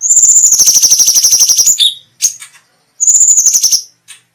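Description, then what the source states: Cucak cungkok singing a bright, rapidly pulsed trill for nearly two seconds, a few short whistled notes, then a second shorter trill. Special song bursts ("tembakan istimewa").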